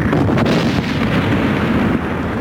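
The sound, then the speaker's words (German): A deep, rumbling explosion of an oxygen bomb blasting away a rock obstacle roars steadily for a couple of seconds, dense low-frequency noise with crackling debris, loud throughout and without speech. “Daringhouse, werfen Sie eine Sauerstoffbombe.”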